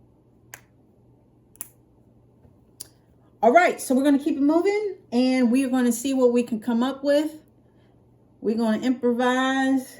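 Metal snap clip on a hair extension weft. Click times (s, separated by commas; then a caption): 0.5 s, 1.6 s, 2.8 s. Metal snap clips on BetterLength clip-in hair extension wefts are bent from a C shape to an inverted C so they snap shut, giving short sharp clicks at 0.5, 1.6 and 2.8 seconds. Someone then talks. The clips click closed and seat.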